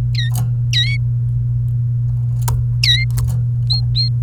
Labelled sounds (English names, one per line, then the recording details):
Domestic Canary song
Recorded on 29 April 2018 at 16:13
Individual llb3